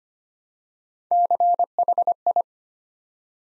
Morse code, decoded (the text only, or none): CHI